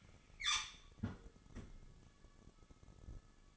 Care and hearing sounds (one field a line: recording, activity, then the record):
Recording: daily activity, microphone in the room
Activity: close fridge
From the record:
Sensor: 4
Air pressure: 1008.6 hPa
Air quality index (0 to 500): 75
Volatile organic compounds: 1 ppm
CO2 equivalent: 633 ppm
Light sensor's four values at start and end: 15/33/14/14 and 17/38/16/16